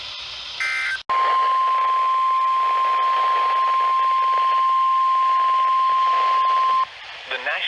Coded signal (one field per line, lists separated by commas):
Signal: Emergency Alert System (SAME) tones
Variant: 1050 Hz attention tone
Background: speech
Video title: NOAA Radio (EAS # 460 462) Alerts From 6/26-28